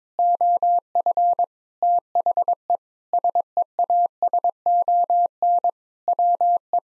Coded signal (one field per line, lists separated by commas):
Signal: Morse code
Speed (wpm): 22 wpm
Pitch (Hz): 700 Hz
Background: none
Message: OF THE SEASON WE